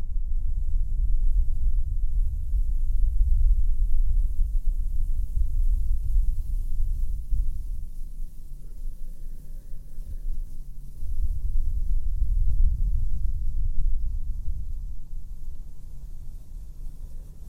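Slow mic brushing and blowing: a deep, rough rumble fills the whole stretch, thick in the low end with only a faint hiss above. It swells and eases gradually, softening around eight to eleven seconds before building again near thirteen.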